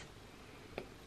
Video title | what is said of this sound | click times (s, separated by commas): NEW! HOUSE OF SILLAGE - CRUISE COLLECTION SATIN LIPSTICKS - 6 NEW SHADES! | you hear a little click and then you're going to put your cap | 0.8 s